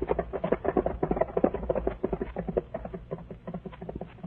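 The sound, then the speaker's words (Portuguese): A horse, whipped by a young man, gallops off down a hard road at a wild pace. Its hooves pound in a quick, steady drumming rhythm that gradually grows softer toward the end, with no voices. “Aterrorizado com o espantoso acontecimento, o rapazola chicoteou seu cavalo e disparou estrada fora, sem olhar para trás, sem procurar ver o que sucedera com seu Fonseca.”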